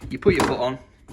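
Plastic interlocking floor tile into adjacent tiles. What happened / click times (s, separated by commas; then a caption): The floor tile is being handled but has not snapped into place yet / none. A plastic interlocking garage floor tile is slid back under its neighbouring tiles and roughly engaged, ready to be stepped on so its edges snap home. Someone talks over faint handling noise, with a short soft knock at the very end around 1.2 s. Nothing has seated or clicked yet.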